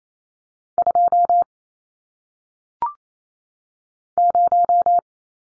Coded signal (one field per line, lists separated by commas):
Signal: Morse code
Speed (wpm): 28 wpm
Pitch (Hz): 700 Hz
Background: none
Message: 2 0